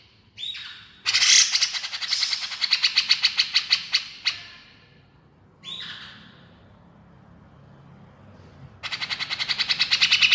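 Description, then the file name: Grey-cheeked bulbul giving harsh, rapid pulsed chatter in bursts, with short squeaky notes between bouts. Female bird; described as gacor, actively and energetically vocalising. "suara cucak jenggot betina gacor"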